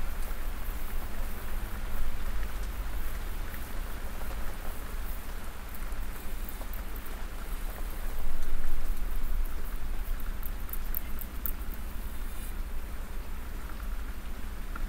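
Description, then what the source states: Domestic cat giving a continuous low purr. Real purring from a cat while snuggling, ASMR.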